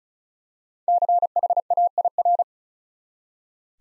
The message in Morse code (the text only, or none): CHAIR